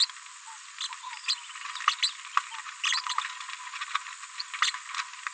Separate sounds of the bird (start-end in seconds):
0.81-0.87, 1.28-1.35, 1.87-1.95, 2.02-2.09, 2.83-2.92, 3.09-3.13, 4.39-4.42, 4.62-4.71